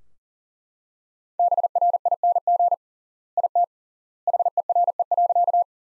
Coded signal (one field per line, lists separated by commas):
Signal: Morse code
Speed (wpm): 37 wpm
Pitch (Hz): 700 Hz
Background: none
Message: BRING IT HERE.